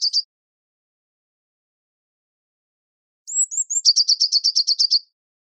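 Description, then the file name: Eurasian blue tit calling: a brief high note, then thin high whistles leading into a fast, even run of buzzy chirps. "Cyanistes caeruleus"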